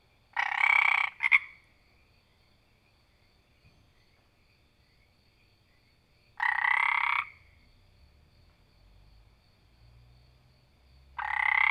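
Frog giving a few loud rasping croaks, each under a second long, spaced several seconds apart over a faint low hum.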